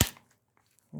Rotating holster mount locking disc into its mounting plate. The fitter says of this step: And clicked in again. Now it's at a crazier angle.